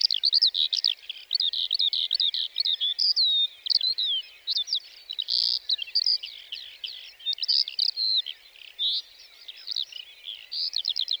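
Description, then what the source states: Lark song pouring out as a steady, high-pitched babble of chirps and warbled phrases, mixed with rapid trills, for the whole stretch. 29 March 2020, Plateau de Lesches-en-Diois; sings before full daybreak, perched on top of a bush rather than in flight, for nearly fifteen minutes before flying off; Nagra Seven, stereo, cardioid MKH40.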